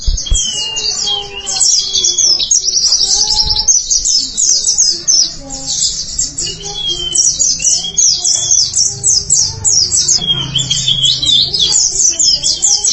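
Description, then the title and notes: White-eye song, a long, busy stream of high twittering and trills, with fainter lower whistled notes and low noise behind. Chirping song. "Kicauan Burung Pleci Durasi Panjang. Suara kicauan burung pleci"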